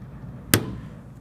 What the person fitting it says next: when you hear this click you know the keypad is securely in place and will not lose connection with the drive